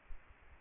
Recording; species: mosquito wingbeat signal from an infrared sensor; Aedes aegypti